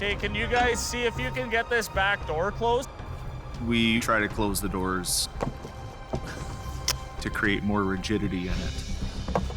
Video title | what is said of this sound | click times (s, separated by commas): The Toughest Winter Jobs - Highway Thru Hell | It's not latching at all on this side. | none